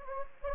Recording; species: mosquito wingbeat signal from an infrared sensor; Anopheles gambiae